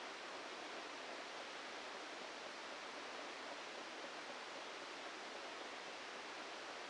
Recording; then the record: brain microelectrode recording played as sound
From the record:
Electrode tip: inside the subthalamic nucleus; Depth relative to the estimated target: -1 mm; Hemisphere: left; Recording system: NeuroSet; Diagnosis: Parkinson's disease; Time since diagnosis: 14 years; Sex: male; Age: 51 years